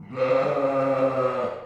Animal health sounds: contact call of a hoofed animal; sheep; low-frequency (closed-mouth) or high-frequency (open-mouth) call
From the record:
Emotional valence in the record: positive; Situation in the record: reunion with pen mate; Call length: 1.65 s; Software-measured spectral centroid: 1220 Hz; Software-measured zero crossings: 1290 a second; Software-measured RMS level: -24 dBFS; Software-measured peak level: -11 dBFS

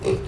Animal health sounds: contact call of a hoofed animal; pig; closed-mouth grunt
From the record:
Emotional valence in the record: positive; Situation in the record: food and toys in familiar pen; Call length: 0.28 s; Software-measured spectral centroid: 2260 Hz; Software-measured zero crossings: 1210 a second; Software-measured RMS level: -24 dBFS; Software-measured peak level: -11 dBFS

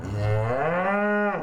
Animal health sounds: contact call of a hoofed animal; cattle; low-frequency (closed-mouth) or high-frequency (open-mouth) call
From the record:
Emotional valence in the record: negative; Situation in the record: full separation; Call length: 1.43 s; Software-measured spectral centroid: 1230 Hz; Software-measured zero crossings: 1230 a second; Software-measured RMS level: -24 dBFS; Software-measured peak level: -11 dBFS

